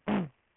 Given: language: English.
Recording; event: throat vibration sensor signal played as sound; throat clearing